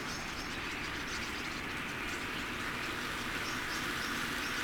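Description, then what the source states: Common starlings in a huge chattering flock, an even roar of overlapping calls with scattered thin whistles on top. About 10,000 starlings coming in to roost.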